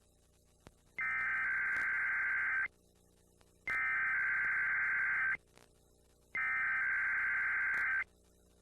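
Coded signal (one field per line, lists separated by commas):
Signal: Emergency Alert System (SAME) tones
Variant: header bursts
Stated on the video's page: EAS Required Weekly Test aired during a PBS Kids program break on a public television station.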